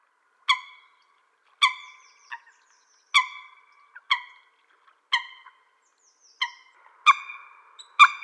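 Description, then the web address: Eurasian coot giving sharp, explosive single calls, each a clipped harmonic note, spaced roughly one second apart, with faint short notes between. "Schulze Peter Eurasian Coot calls"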